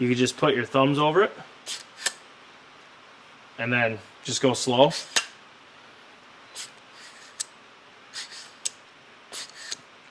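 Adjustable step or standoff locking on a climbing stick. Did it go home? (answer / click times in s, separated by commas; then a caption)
yes / 8.7 s, 9.7 s. An adjustable step or standoff on a metal climbing stick is slid slowly by hand while someone talks, with light scraping and small knocks between the words. It locks into position with a sharp click at 8.7 s when it goes all the way up and another at 9.7 s when it hits the stop.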